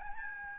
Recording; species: mosquito wingbeat signal from an infrared sensor; Aedes albopictus